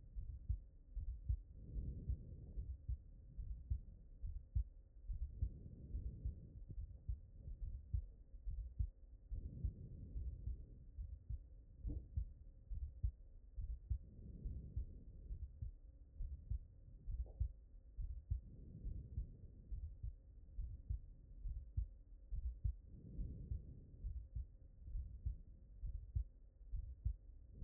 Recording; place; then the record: heart sounds by stethoscope; pulmonary valve (PV)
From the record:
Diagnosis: non-HFrEF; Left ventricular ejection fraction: 75%